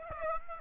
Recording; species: mosquito wingbeat signal from an infrared sensor; Aedes aegypti